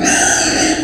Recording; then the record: squeal of a Yucatan mini pig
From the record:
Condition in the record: before surgery on the right vocal fold (resection and tissue-engineered implant); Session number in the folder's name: 3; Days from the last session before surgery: 0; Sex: female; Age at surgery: 19 weeks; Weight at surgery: 25 kg